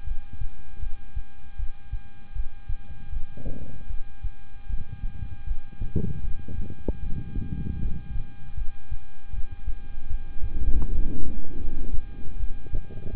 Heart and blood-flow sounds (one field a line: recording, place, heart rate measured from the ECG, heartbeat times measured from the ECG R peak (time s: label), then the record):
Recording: heart sounds by stethoscope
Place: between the tricuspid and mitral areas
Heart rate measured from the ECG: 78 bpm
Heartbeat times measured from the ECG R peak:
0.04 s: heartbeat
0.80 s: heartbeat
1.56 s: heartbeat
2.33 s: heartbeat
3.10 s: heartbeat
3.87 s: heartbeat
4.67 s: heartbeat
5.44 s: heartbeat
6.21 s: heartbeat
7.00 s: heartbeat
7.79 s: heartbeat
8.55 s: heartbeat
9.31 s: heartbeat
10.07 s: heartbeat
10.82 s: heartbeat
11.58 s: heartbeat
12.37 s: heartbeat
13.11 s: heartbeat
From the record:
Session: rest, lying down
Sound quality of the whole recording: good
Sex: male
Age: 26 years